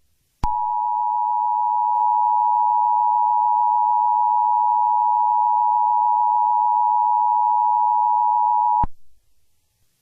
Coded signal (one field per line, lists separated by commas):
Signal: Emergency Alert System (SAME) tones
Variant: 853 and 960 Hz attention tone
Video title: EAS Scenario #8: The CSX Hijacking